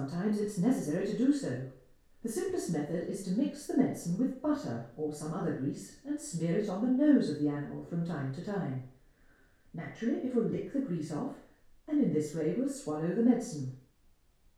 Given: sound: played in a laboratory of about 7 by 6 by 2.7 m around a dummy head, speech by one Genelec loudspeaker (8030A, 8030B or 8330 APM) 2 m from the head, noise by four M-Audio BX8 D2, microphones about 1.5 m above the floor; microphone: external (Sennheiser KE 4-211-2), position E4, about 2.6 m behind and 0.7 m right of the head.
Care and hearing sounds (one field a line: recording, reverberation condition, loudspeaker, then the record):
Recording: female speech in English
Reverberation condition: medium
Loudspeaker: 120 degrees to the right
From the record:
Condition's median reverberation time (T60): about 510 ms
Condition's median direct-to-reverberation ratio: about -0.5 dB